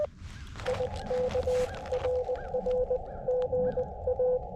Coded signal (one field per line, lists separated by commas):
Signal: Morse code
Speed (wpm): 20 wpm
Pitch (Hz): 500 Hz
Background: none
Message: I K RR GA